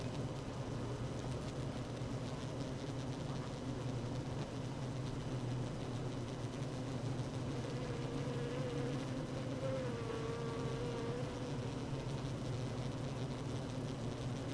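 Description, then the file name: Honey bee hive drone, low and steady, with a thin higher tone that wavers and rises briefly around the middle before fading back into the hum. Queen bee in hive 1, recorded 12 June 2018 at 16:30. "Hive 1 12 06 2018 Queen Bee H 1"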